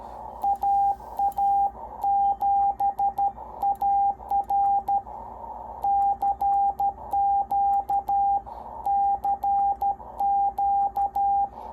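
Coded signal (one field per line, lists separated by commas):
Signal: Morse code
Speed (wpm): 13 wpm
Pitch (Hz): 800 Hz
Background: radio noise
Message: AA7AR CQ CQ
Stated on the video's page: CW from a NorCal 40B transceiver on the 40 meter band, run on the bench.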